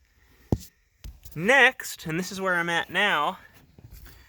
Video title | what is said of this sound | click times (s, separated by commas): 2008 Mazda6 Shift Cable Replacement | and so it's just simply snapped into place you can carefully wiggle and pop that out of place | 0.5 s